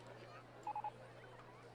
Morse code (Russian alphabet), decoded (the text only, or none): none